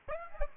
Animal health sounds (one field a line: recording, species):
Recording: mosquito wingbeat signal from an infrared sensor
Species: Aedes aegypti